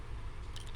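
A flex cable connector is handled over its socket on the circuit board of a phone that will not charge, during reassembly, with faint soft handling noise and two brief ticks near 0.6 s and 0.8 s. The clip ends before the part goes home, and nothing has seated or clicked yet.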